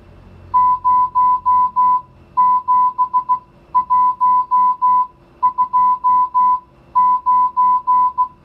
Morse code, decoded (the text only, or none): 07129